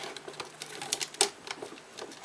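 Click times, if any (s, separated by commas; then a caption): 1.2 s. A plastic armor piece is pressed onto a Hot Toys Iron Man Mark V action figure, with several light plastic taps and ticks throughout. The loudest, sharpest click comes at 1.2 s as the clasp snaps into place for the second time, and the piece is seated.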